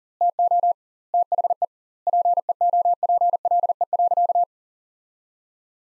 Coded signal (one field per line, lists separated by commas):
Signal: Morse code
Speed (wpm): 40 wpm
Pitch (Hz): 700 Hz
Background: none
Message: TO THE PEOPLE.